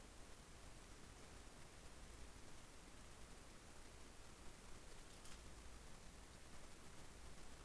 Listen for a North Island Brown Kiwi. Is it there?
no